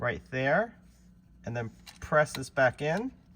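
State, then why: Not seated. A SIM card tray holding a 4G data SIM is handled for pressing back into the slot of a 10.25-inch display unit in a Tesla Model Y / 3 while someone talks. The tray has not seated or clicked yet.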